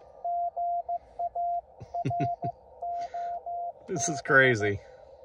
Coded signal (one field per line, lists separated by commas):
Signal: Morse code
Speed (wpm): 15 wpm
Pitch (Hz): 700 Hz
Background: speech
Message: GA ROB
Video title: #CW #POTA Activation using NO KEY OR PADDLE! Unable to use voice and forgot the key! CW Transcribed